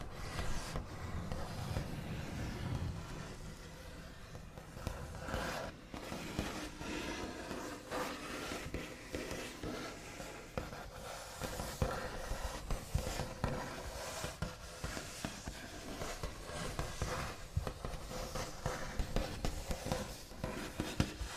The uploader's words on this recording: Scratchy Tapping and Tracing on a Wooden Table with Backs of Nails (NO TALKING).